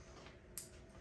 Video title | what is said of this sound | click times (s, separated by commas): DYNA OVERHAUL EP1: Levers Grips and Mirrors! | you hear it snap yep | 0.6 s